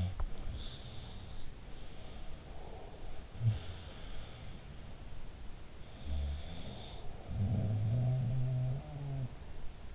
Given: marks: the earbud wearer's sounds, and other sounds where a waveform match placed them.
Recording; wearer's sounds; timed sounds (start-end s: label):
sounds in sleep by an in-ear microphone; teeth grinding, breath
0.00-0.42 s: teeth grinding
1.56-3.30 s: breath
3.33-5.26 s: sound from someone else or the room
5.82-9.39 s: sound from someone else or the room